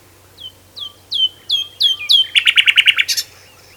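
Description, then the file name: Common nightingale song phrase: a series of descending whistled notes that grow louder, then a fast run of loud rattling buzzy pulses and a short final note. "Luscinia megarhynchos"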